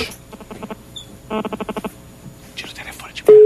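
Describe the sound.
A rapid run of about seven evenly spaced telephone dialing beeps, then a loud, steady low tone sets in at the end, with faint voices murmuring before and after.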